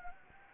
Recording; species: mosquito wingbeat signal from an infrared sensor; Anopheles gambiae